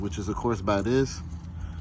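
A plastic quick-connect fuel line connector is handled at the fuel pump module of a Range Rover HSE fuel pump assembly as it is about to be pushed on. Someone talks throughout over a low background hum, and nothing has seated or clicked yet; the connector is not yet home.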